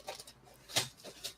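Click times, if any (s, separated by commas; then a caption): none. A plastic model kit leg part is pushed into its leg assembly, with faint small taps near 0.1, 0.2 and 0.3 seconds and a louder brief burst of broadband noise around 0.8 seconds, then another around 1.3 seconds. The part goes in, but nothing clicks.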